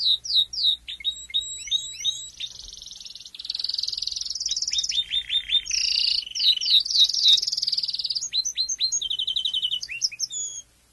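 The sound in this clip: Domestic canary song: high rapid trills and rolling tours, with quick repeated chirps, buzzy sustained phrases and falling whistled notes, almost continuous.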